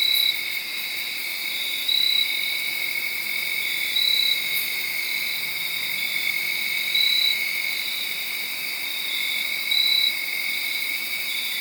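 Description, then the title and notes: Cricket: a steady chorus of crickets, high and buzzy, with a louder trill returning about every two to three seconds. Made around midnight, late Saturday night into Sunday morning, under a tree in Sharon, Pennsylvania. "Crickets (field recording). late on Saturday night/Sunday morning. The location was in Sharon, Pennsylvania, under a tree. around 12:00 in the morning"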